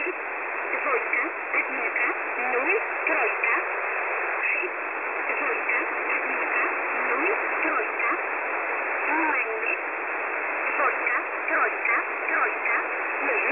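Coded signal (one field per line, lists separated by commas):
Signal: numbers station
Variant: S11a, Polish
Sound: short, evenly spaced spoken words buried in heavy shortwave hiss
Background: radio static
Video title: S11a Message 19/02/2023 0830z 5371kHz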